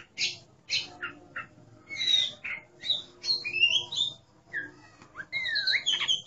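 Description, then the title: Oriental magpie-robin song with short harsh notes, then long sweeping whistles that bend up and down, sung in loose phrases with brief pauses. "Kacer5"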